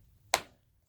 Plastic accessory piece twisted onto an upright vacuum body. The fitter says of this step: and then just turn it counterclockwise until it snaps into place